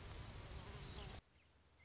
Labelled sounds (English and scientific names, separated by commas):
Anna's Hummingbird (Calypte anna)